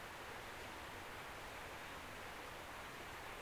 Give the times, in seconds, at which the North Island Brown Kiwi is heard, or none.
none